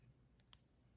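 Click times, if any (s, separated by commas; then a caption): 0.4 s, 0.5 s. A plastic brick seat-back sub-assembly is clipped onto the top of a 501st Legion AV-7 Anti-Vehicle Cannon build, giving two quick, sharp plastic clicks at 0.4 s and 0.5 s over a low background hum. The clip seats firmly on top.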